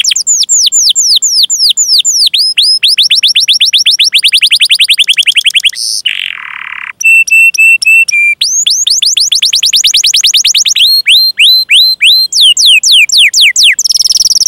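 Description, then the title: Canary song, loud and continuous: rapid descending whistled notes in long runs, a brief lower buzzy burst, clipped repeated tones, then more fast sweeping trills. Canary singing vigorously (gacor) with ornamented song phrases (cengkok, isian), used for song training of other birds. "Kenari Gacor Cengkok Isian Kenarigacor Kicaumania Kenari"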